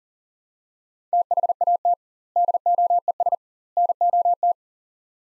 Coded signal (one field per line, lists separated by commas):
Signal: Morse code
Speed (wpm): 40 wpm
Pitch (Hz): 700 Hz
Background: none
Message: THAT DOES NOT